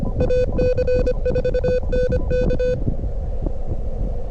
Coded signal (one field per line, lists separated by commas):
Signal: Morse code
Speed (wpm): 26 wpm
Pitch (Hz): 500 Hz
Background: none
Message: AC4NK